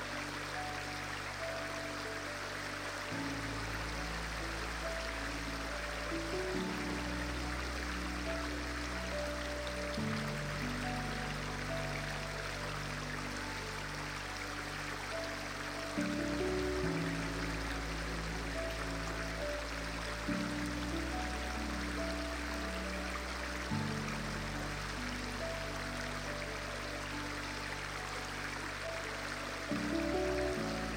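A river murmurs steadily throughout, a dense, even rush of water, layered with soft, slow music. Low sustained chords change every few seconds, around 3, 7, 10, 16, 20, 24 and 30 seconds, with a faint higher melody drifting above.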